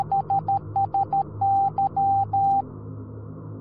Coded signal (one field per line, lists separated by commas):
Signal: Morse code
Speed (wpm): 13 wpm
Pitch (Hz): 790 Hz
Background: none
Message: SSY